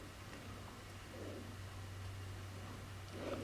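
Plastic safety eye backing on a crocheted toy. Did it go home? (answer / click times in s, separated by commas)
no / none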